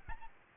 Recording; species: mosquito wingbeat signal from an infrared sensor; Aedes albopictus